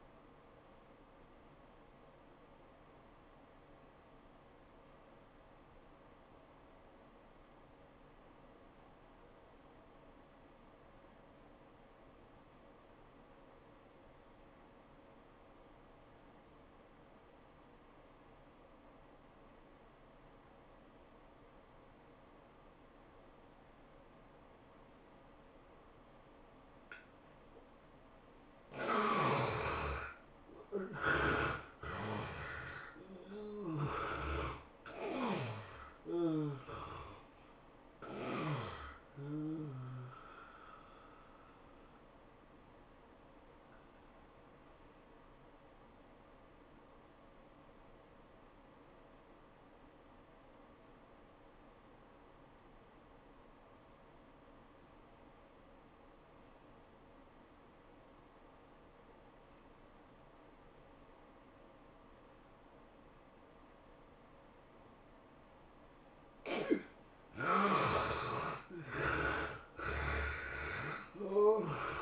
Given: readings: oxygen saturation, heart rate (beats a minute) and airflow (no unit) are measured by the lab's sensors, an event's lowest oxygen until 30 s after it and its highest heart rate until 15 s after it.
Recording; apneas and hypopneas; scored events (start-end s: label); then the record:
breathing in sleep by a voice recorder at the bedside; 2
3.00-29.50 s: obstructive apnea (N2, oxygen 97% highest, then 72% lowest, heart rate 90 at the start, 109 highest)
36.00-72.02 s: new sleep stage, N1 (lightest sleep)
46.00-65.50 s: obstructive apnea (N1, oxygen 97% highest, then 69% lowest, heart rate 90 at the start, 108 highest)
From the record:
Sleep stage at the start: N2 (light sleep); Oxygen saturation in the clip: 72 to 97%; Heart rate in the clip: 76 to 109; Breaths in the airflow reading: 7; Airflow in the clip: -16.7 to 17.6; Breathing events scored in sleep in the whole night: 403 in 5.5 hours asleep